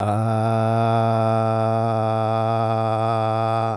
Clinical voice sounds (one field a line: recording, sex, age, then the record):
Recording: sustained vowel /a/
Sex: male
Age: 50 to 59 years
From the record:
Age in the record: 50 years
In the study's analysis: included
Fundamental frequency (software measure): 112 Hz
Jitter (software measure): 0.37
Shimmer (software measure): 1.47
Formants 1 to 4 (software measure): 707 Hz, 1316 Hz, 2457 Hz, 3501 Hz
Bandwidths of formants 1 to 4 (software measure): 83 Hz, 106 Hz, 147 Hz, 78 Hz